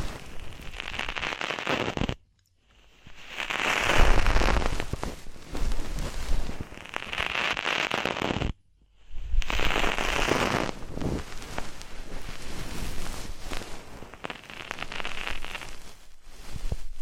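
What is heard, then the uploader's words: Ear cleaning sounds: dense, crackling scratches and pops with bright rustling swells that rise and fall every few seconds. Two brief full silences cut in near 2 and 8.5 seconds, and the crackle resumes immediately after each, steady to the end. DEEP Ear Penetrating Cleaning.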